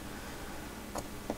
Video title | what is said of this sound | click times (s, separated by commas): Live Stream - Building a PS/2 Soarer's Converter: Take 2 | last night it wouldn't fit at all tonight it snaps right in place so that's perfect that's staying put | 1.3 s